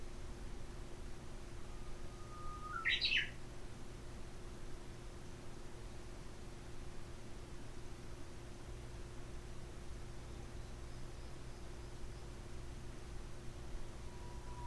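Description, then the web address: Japanese bush warbler song: a long, steady whistled note that breaks into a quick rising-and-falling flourish, over a faint constant hum, with a second whistle starting just as the recording ends. "lovepostpet uguisu"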